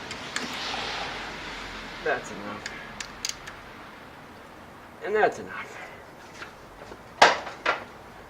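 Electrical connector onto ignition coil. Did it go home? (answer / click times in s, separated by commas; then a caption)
yes / 7.2 s. An electrical connector is pushed onto an ignition coil of a 2006 Corolla while it is being reassembled after a spark plug change. Someone talks, and there are small handling knocks before a sharp click at 7.2 s. The connector clips on and is locked in position.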